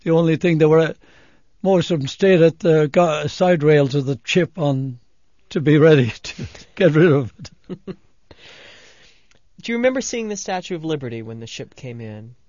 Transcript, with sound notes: They only thing they were, most of them stayed at the guard-, siderails of the ship to be ready to get rid of it.
(Laughs) Do you remember seeing the Statue of Liberty when the ship came in?